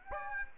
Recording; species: mosquito wingbeat signal from an infrared sensor; Aedes aegypti